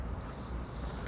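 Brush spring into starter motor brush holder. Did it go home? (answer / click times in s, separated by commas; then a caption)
no / none. Metal brush springs are handled on the brush holder of a Mitsubishi 3000GT / GTO starter motor being rebuilt, to check that they sit over the brushes. A low, steady rumbling background fills the clip, with a brief sharp tick at the very end around 1.1 s. Nothing has seated or clicked into place yet.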